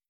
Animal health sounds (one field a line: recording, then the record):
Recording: hydrophone in a shrimp aquaculture tank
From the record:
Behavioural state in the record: starved